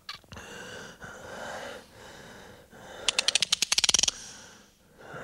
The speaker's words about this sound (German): Das ist das Geräusch, das beim Spannen eines Revolverhahnes entsteht.